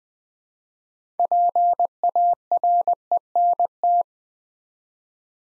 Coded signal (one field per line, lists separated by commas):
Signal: Morse code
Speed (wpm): 20 wpm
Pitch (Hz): 700 Hz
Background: none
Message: PARENT